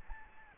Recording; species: mosquito wingbeat signal from an infrared sensor; Aedes albopictus